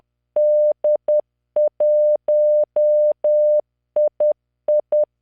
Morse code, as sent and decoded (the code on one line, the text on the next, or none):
-.. .---- .. ..
D1II